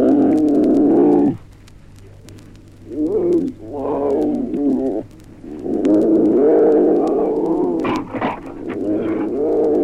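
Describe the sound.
Animal calls, drawn-out harmonic moaning cries with wavering pitch, broken by a short quiet pause, then continuing loudly.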